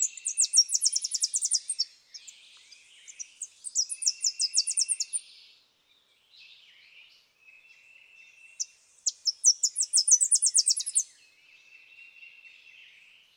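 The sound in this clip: Tennessee warbler repeating high, quick staccato chip series three times, each burst fast and rattling, with softer lower notes between them.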